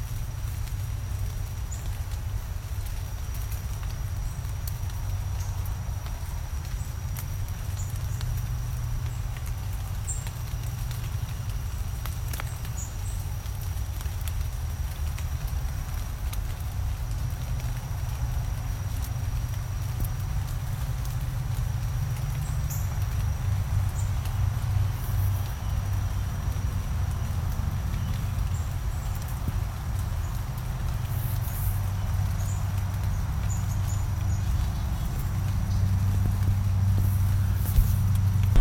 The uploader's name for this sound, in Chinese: 森林深处_美国伊利诺伊州坎普顿尔斯森林保护区